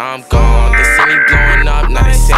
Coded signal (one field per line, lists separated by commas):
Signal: Emergency Alert System (SAME) tones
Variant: header bursts